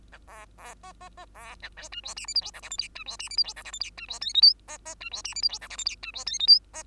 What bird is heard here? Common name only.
Bengalese Finch